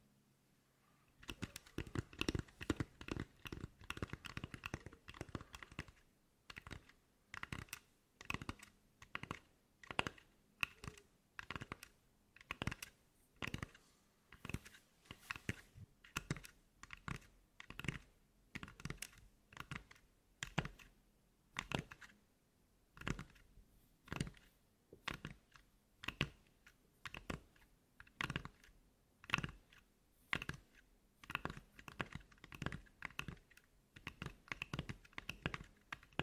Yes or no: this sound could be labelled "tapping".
yes